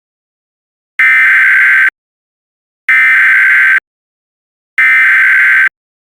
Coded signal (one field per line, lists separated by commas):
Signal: Emergency Alert System (SAME) tones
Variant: header bursts